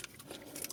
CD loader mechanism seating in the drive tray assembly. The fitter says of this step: до клацення. І все, у нас стало на місце.